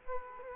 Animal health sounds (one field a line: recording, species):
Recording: mosquito wingbeat signal from an infrared sensor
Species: Culex quinquefasciatus